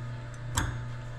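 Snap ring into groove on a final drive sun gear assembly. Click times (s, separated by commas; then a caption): 0.6 s. A steel snap ring is pressed by hand into its groove above the sun gear in the final drive gear carrier of a John Deere torque hub final drive motor during an outer gear set and input carrier kit rebuild. Over a steady low hum, a single sharp metallic click is heard at 0.6 s as the ring snaps into place. The snap ring is seated and sits in its groove just fine.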